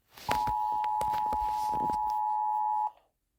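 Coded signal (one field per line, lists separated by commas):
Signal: Emergency Alert System (SAME) tones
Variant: 853 and 960 Hz attention tone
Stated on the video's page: Animated EAS alarm mock.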